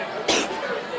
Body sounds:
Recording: coughing mixed with background sound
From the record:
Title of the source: 61 morning phlegmy cough...again

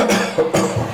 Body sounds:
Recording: coughing mixed with background sound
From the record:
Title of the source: Cough Around the Clock!

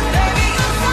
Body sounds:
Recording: coughing mixed with background sound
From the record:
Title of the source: female coughing - coughing sound effects girl

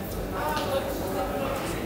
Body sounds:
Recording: background sound without coughing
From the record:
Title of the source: 40 min - Ambience sounds UNIVERSITY lunchroom chatting

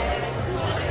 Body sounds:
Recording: background sound without coughing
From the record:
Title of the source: CITY SOUNDS Busy Bar in the Evening Night - 2 HOURS of Ambiance for Relaxation

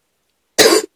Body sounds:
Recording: coughing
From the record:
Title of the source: 55 gaggy wet cough

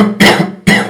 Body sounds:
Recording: coughing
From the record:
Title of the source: Man Coughing Sound - Wet Cough Sound Effect

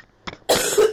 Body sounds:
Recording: coughing mixed with background sound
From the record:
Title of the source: 30 Chesty and wet cough

